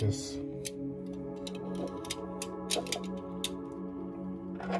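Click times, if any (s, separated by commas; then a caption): none. A magazine base plate is slid back onto a pistol magazine body over the extended spring and held so it doesn't fly off. Sharp handling ticks sound over steady background music while someone talks. Nothing has seated or clicked yet.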